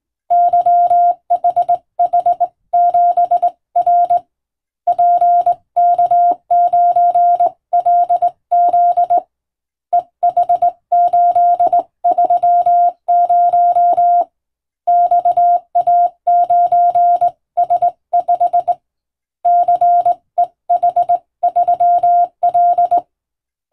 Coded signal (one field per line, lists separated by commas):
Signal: Morse code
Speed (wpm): 20 wpm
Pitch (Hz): 700 Hz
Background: none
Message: YHH7R PK9LZ EH830 XA9S5 CEH3L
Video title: 【無線通信士】縦振り電鍵で打つ珍しい欧文暗語のモールス無線電報、昔は船と陸との唯一の通信手段、大変重要な無線通信でした。アマチュア無線の受信トレーニングにどうぞ morse code practice